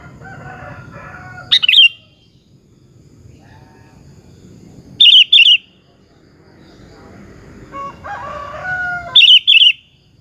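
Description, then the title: Sooty-headed bulbul singing three loud, brief bursts of bubbly notes several seconds apart, with lower warbling sounds between them and a low background rumble. "Kutilang"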